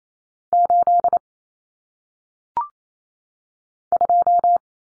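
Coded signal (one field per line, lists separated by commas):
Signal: Morse code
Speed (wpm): 28 wpm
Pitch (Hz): 700 Hz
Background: none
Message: 8 2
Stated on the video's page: Morse code practice drill of common cut numbers for single digits at 28 WPM.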